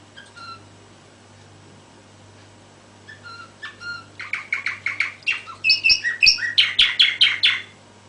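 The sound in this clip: Canary singing: soft whistled notes at first, then building into loud rapid repeated chirps and bright trills that grow stronger toward the end.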